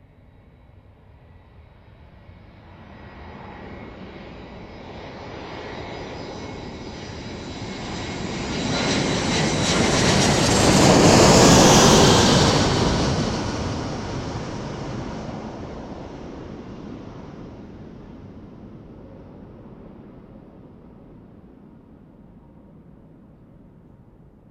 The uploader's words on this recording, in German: September, 13:24 CET. Flughafen Kloten. Im Minutentakt fliegen sie an. Auf die Piste 14.